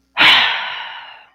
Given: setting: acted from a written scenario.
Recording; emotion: vocal sound without words; anger